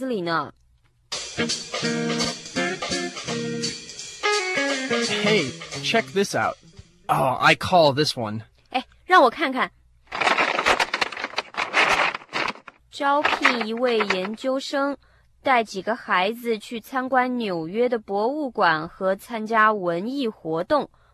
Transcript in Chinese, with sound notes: Hey, check this out! Oh, I call this one!
让我看看！(sound of paper rustling) 招聘一位研究生，带几个孩子去参观纽约的博物馆和参加文艺活动。